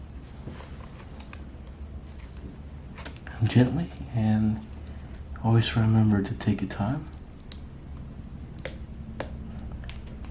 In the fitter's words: you hear those clicks this means fasten in